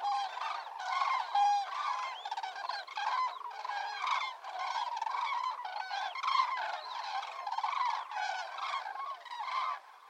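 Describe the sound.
Cranes calling as a flock, many loud trumpeting, rolling calls overlapping continuously throughout.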